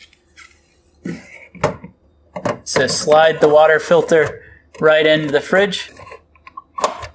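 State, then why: Seated. A new plastic water filter cartridge for a Frigidaire or Electrolux refrigerator is slid into the fridge's filter housing and pushed in while someone talks. Short plastic knocks build to a sharp click at about 6.8 seconds as the cartridge seats in place.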